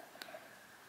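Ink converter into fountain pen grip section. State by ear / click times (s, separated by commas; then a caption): seated / 0.2 s. An ink converter or cartridge is pushed into the grip section of a fountain pen while inking it up. It pops in with a short, sharp click at 0.2 s, and the converter is seated.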